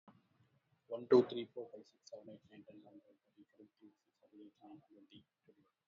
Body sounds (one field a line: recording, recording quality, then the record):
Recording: counting at a fast pace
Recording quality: excellent, no background noise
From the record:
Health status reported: healthy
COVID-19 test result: not tested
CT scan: not taken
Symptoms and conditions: none ticked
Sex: male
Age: 39 years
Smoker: no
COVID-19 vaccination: one dose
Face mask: worn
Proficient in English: yes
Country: India